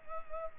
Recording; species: mosquito wingbeat signal from an infrared sensor; Culex pipiens